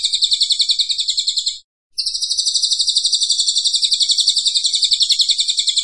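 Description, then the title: Cililin pouring out a fast, high, buzzy trill, pausing briefly near the start and then continuing unbroken for several seconds. Vigorous "gacor" singing. "Cililin AMPUH 3. Suara Cililin Super Gacor"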